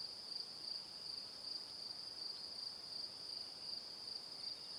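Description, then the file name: Crickets chirp in a high, steady pulse. Evening. "Calm - Evening Crickets"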